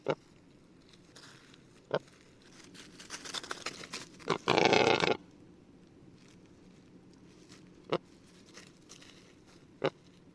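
Rackelhahn (black grouse × capercaillie hybrid): rackelhahn giving soft rattling notes that swell into a loud harsh croak, with sharp single clicks scattered through the recording.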